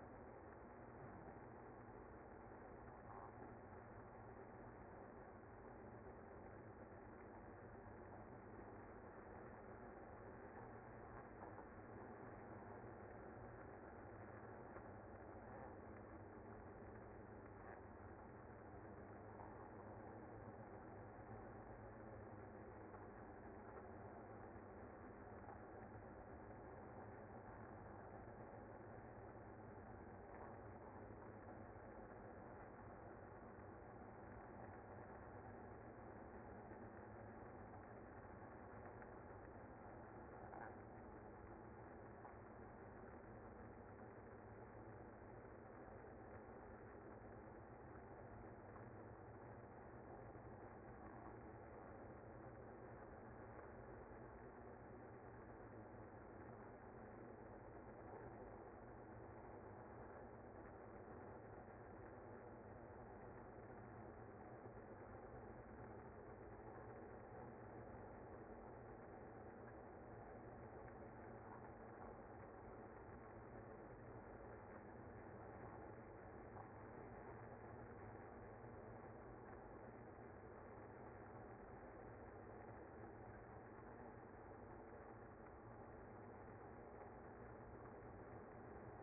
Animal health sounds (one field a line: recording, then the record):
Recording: honeybee colony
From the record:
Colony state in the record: active